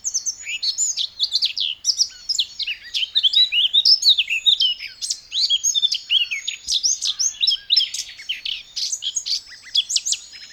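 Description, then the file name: Eurasian blackcap singing a sustained, hurried warble of jumbled high twittering notes and short trills, pouring out without pause for about ten seconds. "Sylvia atricapilla"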